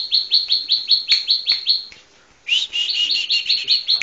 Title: Suara Burung Ciblek